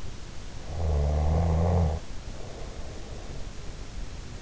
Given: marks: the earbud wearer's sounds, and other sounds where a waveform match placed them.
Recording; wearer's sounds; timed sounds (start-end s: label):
sounds in sleep by an in-ear microphone; snoring breath
0.46-3.46 s: snoring breath